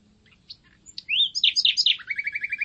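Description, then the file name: Common nightingale song: a few soft notes, then loud rising and falling whistles, ending in a fast even trill of repeated notes. "Luscinia megarhynchos"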